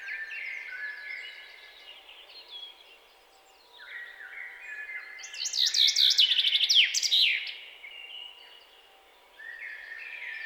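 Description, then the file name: Common chaffinch song: a loud burst of descending notes ending in a flourish, set among long, flat, whistled tones from other birdsong. "Fringilla coelebs"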